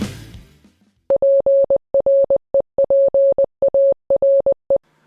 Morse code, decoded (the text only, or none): PREPARE